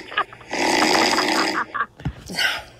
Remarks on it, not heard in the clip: This is apparently you snoring. She doesn't really get to sleep during the night because she has to hear this all the time. It's her laughing in the background as she's listening to you snore.